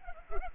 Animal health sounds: mosquito wingbeat signal from an infrared sensor; Culex pipiens

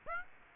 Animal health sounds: mosquito wingbeat signal from an infrared sensor; Aedes aegypti

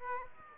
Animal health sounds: mosquito wingbeat signal from an infrared sensor; Aedes aegypti

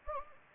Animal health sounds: mosquito wingbeat signal from an infrared sensor; Anopheles gambiae

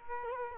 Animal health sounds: mosquito wingbeat signal from an infrared sensor; Culex quinquefasciatus

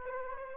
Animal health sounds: mosquito wingbeat signal from an infrared sensor; Aedes aegypti

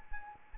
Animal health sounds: mosquito wingbeat signal from an infrared sensor; Anopheles arabiensis

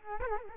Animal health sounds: mosquito wingbeat signal from an infrared sensor; Culex quinquefasciatus

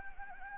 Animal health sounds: mosquito wingbeat signal from an infrared sensor; Anopheles gambiae

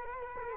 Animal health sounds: mosquito wingbeat signal from an infrared sensor; Culex quinquefasciatus

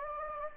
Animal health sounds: mosquito wingbeat signal from an infrared sensor; Anopheles gambiae

